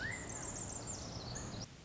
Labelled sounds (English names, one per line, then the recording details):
Pacific Wren
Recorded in Sonoma County, California